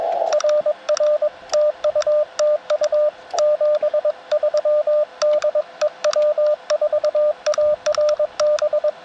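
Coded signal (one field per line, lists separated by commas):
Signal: Morse code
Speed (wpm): 22 wpm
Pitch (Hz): 600 Hz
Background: radio noise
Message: RR TU TU 73 DE W4ARB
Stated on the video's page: POTA CW activation with Yaesu FT-891, ATAS-120A antenna and pocket paddles, working DX on 10m and 17m.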